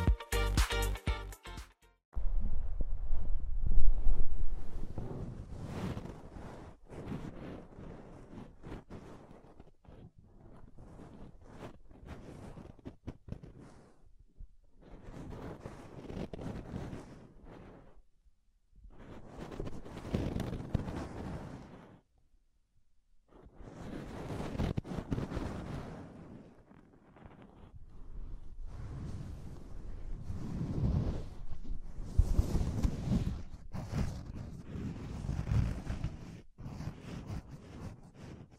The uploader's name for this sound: Deep Ear Tingles Soft & Fluffy Triggers